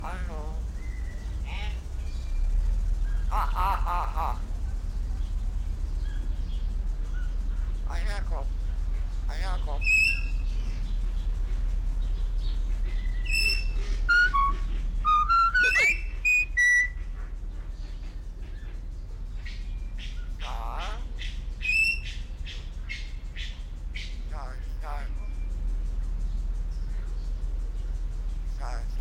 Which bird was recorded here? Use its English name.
Common Hill Myna